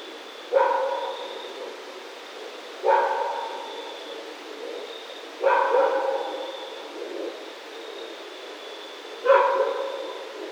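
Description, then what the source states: Raccoon calling four times over ten seconds, each yelp abrupt and harmonic-rich before trailing away, spaced two to four seconds apart, a thin high tone running throughout. Recorded 28 October 2010.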